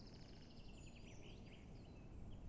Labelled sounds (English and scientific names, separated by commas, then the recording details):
Common Chaffinch (Fringilla coelebs)
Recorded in Germany
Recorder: ecoPi